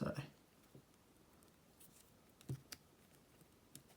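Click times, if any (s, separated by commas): 3.8 s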